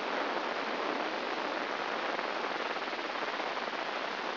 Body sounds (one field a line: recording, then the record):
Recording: brain microelectrode recording played as sound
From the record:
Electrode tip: inside the subthalamic nucleus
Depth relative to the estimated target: -0.5 mm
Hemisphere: right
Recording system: AlphaMap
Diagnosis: Parkinson's disease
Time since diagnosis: 7 years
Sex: female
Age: 49 years